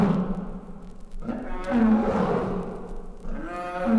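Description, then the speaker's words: Lion roaring, several deep harsh bursts, each swelling then fading in a rough, rumbling moan. Roaring said to intimidate animals and people; lion voice said to sound different in Africa, where safari-goers hear wild lions roar at night through tent canvas. "Mancher Safari-Teilnehmer verspürt eine leichte Gänsehaut, wenn er nachts das Gebrüll wildlebender Löwen durch die leichte Zeltleinwand hindurch wahrnimmt."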